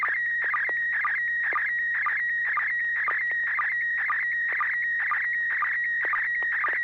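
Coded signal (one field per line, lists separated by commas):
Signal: SSTV (slow-scan television)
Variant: PD120 mode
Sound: steady warbling whistle near 2 kHz, chirping rhythmically about twice a second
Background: low hum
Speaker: Yeah, I think so. This will be PD 120, and here we go, N6DVM.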